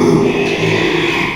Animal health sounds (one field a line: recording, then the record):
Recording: squeal of a Yucatan mini pig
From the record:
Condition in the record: after surgery on the right vocal fold (resection and tissue-engineered implant)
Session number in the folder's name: 1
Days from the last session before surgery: 6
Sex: male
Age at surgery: 12 weeks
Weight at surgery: 13 kg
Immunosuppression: cyclosporine, prednisolone